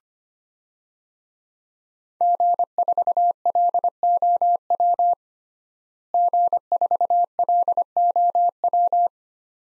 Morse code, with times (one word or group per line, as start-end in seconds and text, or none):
2.2-5.1 G4LOW
6.1-9.1 G4LOW